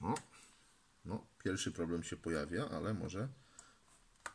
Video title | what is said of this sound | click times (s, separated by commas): Timex - Interfejs AY - test, porównanie z buzzerem, "Czy warto kupić?" | dobra, wpięło się. | 4.3 s